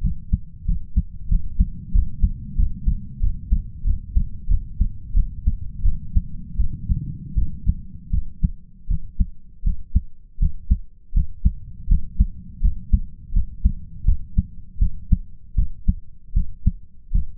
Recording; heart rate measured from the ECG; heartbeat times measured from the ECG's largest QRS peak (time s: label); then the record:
heart sounds by stethoscope; 84 bpm
0.02 s: heartbeat
0.66 s: heartbeat
1.30 s: heartbeat
1.93 s: heartbeat
2.57 s: heartbeat
3.21 s: heartbeat
3.85 s: heartbeat
4.48 s: heartbeat
5.14 s: heartbeat
5.83 s: heartbeat
6.58 s: heartbeat
7.36 s: heartbeat
8.11 s: heartbeat
8.88 s: heartbeat
9.64 s: heartbeat
10.39 s: heartbeat
11.14 s: heartbeat
11.88 s: heartbeat
12.61 s: heartbeat
13.33 s: heartbeat
14.05 s: heartbeat
14.79 s: heartbeat
15.56 s: heartbeat
16.34 s: heartbeat
17.12 s: heartbeat
From the record:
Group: healthy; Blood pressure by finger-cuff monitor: 120/69 mmHg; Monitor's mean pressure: 83 mmHg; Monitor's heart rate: 87 bpm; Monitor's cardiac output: 8.6 L/min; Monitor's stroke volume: 97 mL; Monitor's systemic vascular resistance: 730 dyn s/cm5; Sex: male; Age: 33 years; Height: 179 cm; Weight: 80.4 kg